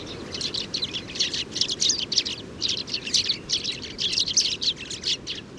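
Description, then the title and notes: Sudan golden sparrows chattering as a group, rapid high chirps packed closely together and never pausing. 7 March 2019, Oued Enoicre, Tagant, Mauritania; oasis; common species, always in family flocks gathering at evening communal roost; recorded in the morning at roost site; Tlp7, MixPre 3. "Moineau doré ou Moineau jaune - Mauritanie. 7 mars 2019-Oued Enoicre - Tagant - Mauritanie"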